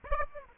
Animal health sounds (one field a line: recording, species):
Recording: mosquito wingbeat signal from an infrared sensor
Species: Aedes aegypti